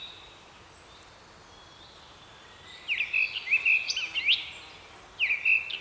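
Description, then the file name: Eurasian blackcap song: quiet for the first seconds, then a quick burst of bright, warbling, whistled notes, followed after a short pause by a second brief phrase. "Sylvia atricapilla"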